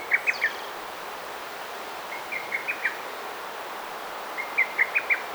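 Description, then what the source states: Bird chirping in three evenly spaced bursts of three or four crisp, high notes, with a steady hiss beneath. Garden birds chirping.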